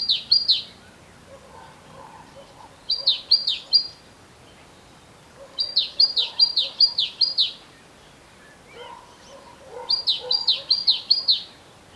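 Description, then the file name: Great tit song of brisk high notes sweeping downward, delivered in four clusters throughout, with soft warbling of other birds lower down. "Parus major"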